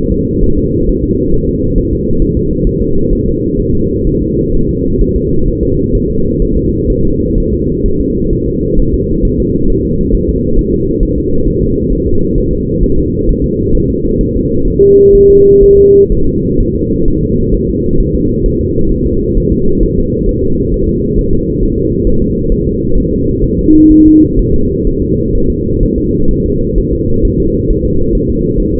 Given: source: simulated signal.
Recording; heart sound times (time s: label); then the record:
fetal heart sounds
0.12 s: S2
0.44 s: S1
0.58 s: S2
0.89 s: S1
1.04 s: S2
1.34 s: S1
1.49 s: S2
1.78 s: S1
1.93 s: S2
2.22 s: S1
2.37 s: S2
2.67 s: S1
2.82 s: S2
3.13 s: S1
3.27 s: S2
3.59 s: S1
3.74 s: S2
4.07 s: S1
4.22 s: S2
4.54 s: S1
4.69 s: S2
5.01 s: S1
5.16 s: S2
5.48 s: S1
5.63 s: S2
5.95 s: S1
6.10 s: S2
6.42 s: S1
6.57 s: S2
6.90 s: S1
7.05 s: S2
7.38 s: S1
7.53 s: S2
7.86 s: S1
8.01 s: S2
8.33 s: S1
8.48 s: S2
8.79 s: S1
8.94 s: S2
9.25 s: S1
9.40 s: S2
9.70 s: S1
9.85 s: S2
10.14 s: S1
10.29 s: S2
10.59 s: S1
10.73 s: S2
11.03 s: S1
11.18 s: S2
11.48 s: S1
11.62 s: S2
11.92 s: S1
12.07 s: S2
12.38 s: S1
12.53 s: S2
12.84 s: S1
12.98 s: S2
13.29 s: S1
13.44 s: S2
13.75 s: S1
13.90 s: S2
14.21 s: S1
14.36 s: S2
14.68 s: S1
14.82 s: S2
15.15 s: S1
15.30 s: S2
15.64 s: S1
15.78 s: S2
16.12 s: S1
16.27 s: S2
16.60 s: S1
16.75 s: S2
17.08 s: S1
17.23 s: S2
17.55 s: S1
17.69 s: S2
18.00 s: S1
18.15 s: S2
18.46 s: S1
18.61 s: S2
18.92 s: S1
19.06 s: S2
19.37 s: S1
19.52 s: S2
19.83 s: S1
19.98 s: S2
20.29 s: S1
20.44 s: S2
20.74 s: S1
20.89 s: S2
21.19 s: S1
21.33 s: S2
21.63 s: S1
21.78 s: S2
22.07 s: S1
22.22 s: S2
22.52 s: S1
22.67 s: S2
22.98 s: S1
23.12 s: S2
23.44 s: S1
23.59 s: S2
23.92 s: S1
24.06 s: S2
24.39 s: S1
24.54 s: S2
24.87 s: S1
25.02 s: S2
25.35 s: S1
25.50 s: S2
25.83 s: S1
25.98 s: S2
26.31 s: S1
26.46 s: S2
26.78 s: S1
26.93 s: S2
27.25 s: S1
27.40 s: S2
27.71 s: S1
27.85 s: S2
28.15 s: S1
28.30 s: S2
28.60 s: S1
28.74 s: S2
From the record:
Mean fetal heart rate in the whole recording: 130 bpm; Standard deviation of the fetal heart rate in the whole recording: 4 bpm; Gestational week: 38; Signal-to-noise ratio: -16.4 dB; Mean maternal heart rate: 72 bpm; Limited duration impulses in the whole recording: present